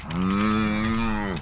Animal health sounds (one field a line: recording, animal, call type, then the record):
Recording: contact call of a hoofed animal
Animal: cattle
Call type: low-frequency (closed-mouth) or high-frequency (open-mouth) call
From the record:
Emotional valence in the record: negative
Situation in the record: full separation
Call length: 1.42 s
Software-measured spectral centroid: 2470 Hz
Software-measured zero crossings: 1530 a second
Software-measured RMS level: -24 dBFS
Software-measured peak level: -11 dBFS